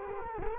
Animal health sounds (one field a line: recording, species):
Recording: mosquito wingbeat signal from an infrared sensor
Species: Culex quinquefasciatus